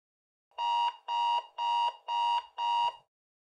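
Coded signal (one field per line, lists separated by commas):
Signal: none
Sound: timer end beeps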